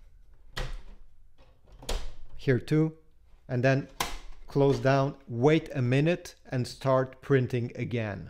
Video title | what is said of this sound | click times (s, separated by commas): HP Deskjet 3700 Series Not Working? Let's Fix it! | okay you can even do it twice to make sure okay make sure you hear the click here | 0.6 s, 1.9 s